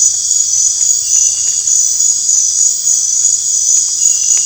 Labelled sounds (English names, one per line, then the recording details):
none
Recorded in dense forest near Puerto Asís, Putumayo, Colombia, on 22 December 2024 at 19:00
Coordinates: 0.468, -76.322
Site G071